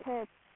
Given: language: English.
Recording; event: throat vibration sensor signal played as sound; speech